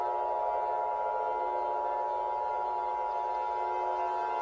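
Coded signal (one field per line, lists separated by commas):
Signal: Emergency Alert System (SAME) tones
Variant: 853 and 960 Hz attention tone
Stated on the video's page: Mock (simulated) alert.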